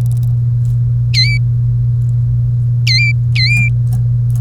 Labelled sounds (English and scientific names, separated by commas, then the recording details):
Domestic Canary (Serinus canaria) song
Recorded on 1 May 2018 at 07:50
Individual llb3